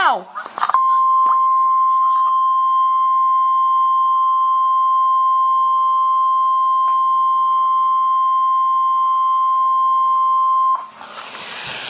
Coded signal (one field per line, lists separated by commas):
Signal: Emergency Alert System (SAME) tones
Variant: 1050 Hz attention tone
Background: speech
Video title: {RARE!!} Particularly Dangerous Situation (PDS) Tornado Watch #5 (EAS # 315)